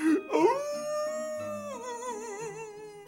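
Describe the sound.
A human voice imitates a wolf's howl: one long, sustained, mournful tone that rises briefly, holds steady, then wavers with a trembling vibrato toward the end. No words are spoken.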